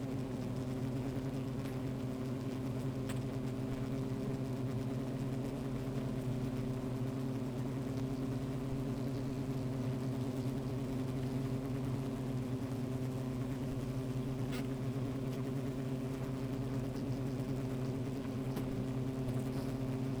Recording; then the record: honeybee colony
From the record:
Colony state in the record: active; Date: 28 July 2017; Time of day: 13:59